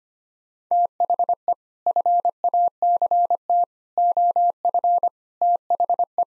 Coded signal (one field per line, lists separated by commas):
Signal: Morse code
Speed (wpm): 25 wpm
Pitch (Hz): 700 Hz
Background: none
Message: THE FACT OF THE